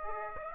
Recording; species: mosquito wingbeat signal from an infrared sensor; Aedes aegypti